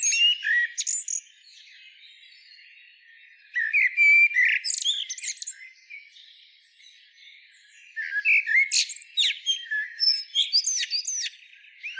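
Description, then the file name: Common blackbird giving three phrases of warbling and high squeaky twitters, spaced a few seconds apart. "Turdus merula"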